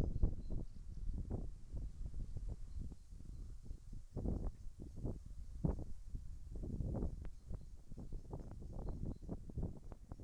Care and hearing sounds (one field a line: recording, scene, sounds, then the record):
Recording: everyday scene through a hearing-aid microphone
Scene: wind on the microphone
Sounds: wind, birds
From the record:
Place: in front of a rural house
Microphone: behind the ear, left, rear